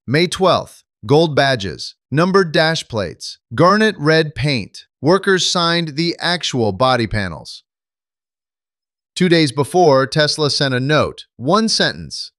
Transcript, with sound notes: May 12th. Gold badges. Numbered dash plates. Garnet Red paint. Workers signed the actual body panels. [pause] Two days before, Tesla sent a note. One sentence.